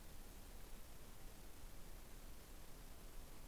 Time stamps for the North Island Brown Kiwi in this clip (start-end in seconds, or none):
none